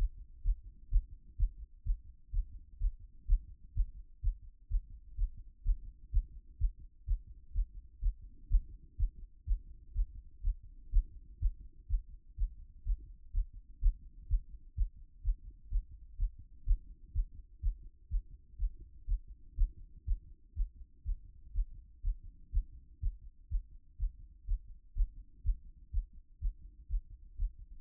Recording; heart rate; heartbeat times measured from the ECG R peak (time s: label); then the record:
heart sounds by stethoscope; 125 bpm
0.43 s: heartbeat
0.89 s: heartbeat
1.36 s: heartbeat
1.84 s: heartbeat
2.31 s: heartbeat
2.79 s: heartbeat
3.26 s: heartbeat
3.74 s: heartbeat
4.21 s: heartbeat
4.68 s: heartbeat
5.16 s: heartbeat
5.63 s: heartbeat
6.11 s: heartbeat
6.58 s: heartbeat
7.05 s: heartbeat
7.53 s: heartbeat
8.00 s: heartbeat
8.48 s: heartbeat
8.97 s: heartbeat
9.45 s: heartbeat
9.93 s: heartbeat
10.42 s: heartbeat
10.90 s: heartbeat
11.39 s: heartbeat
11.87 s: heartbeat
12.36 s: heartbeat
12.84 s: heartbeat
13.32 s: heartbeat
13.80 s: heartbeat
14.27 s: heartbeat
14.75 s: heartbeat
15.22 s: heartbeat
15.69 s: heartbeat
16.17 s: heartbeat
16.64 s: heartbeat
17.12 s: heartbeat
17.60 s: heartbeat
18.09 s: heartbeat
18.57 s: heartbeat
19.06 s: heartbeat
19.55 s: heartbeat
20.05 s: heartbeat
20.54 s: heartbeat
21.03 s: heartbeat
21.53 s: heartbeat
22.02 s: heartbeat
22.51 s: heartbeat
23.00 s: heartbeat
23.49 s: heartbeat
23.97 s: heartbeat
24.46 s: heartbeat
24.94 s: heartbeat
25.42 s: heartbeat
25.91 s: heartbeat
26.39 s: heartbeat
26.88 s: heartbeat
27.37 s: heartbeat
From the record:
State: after exercise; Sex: male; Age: 37 years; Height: 170 cm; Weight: 86 kg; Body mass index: 29.76